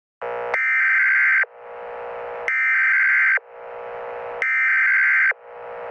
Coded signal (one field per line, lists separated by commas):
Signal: Emergency Alert System (SAME) tones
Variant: header bursts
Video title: EAS Scenario #11 - The Soundwaves of Death